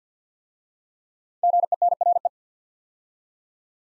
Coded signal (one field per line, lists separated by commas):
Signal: Morse code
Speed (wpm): 50 wpm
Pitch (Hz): 700 Hz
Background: none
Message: GENRE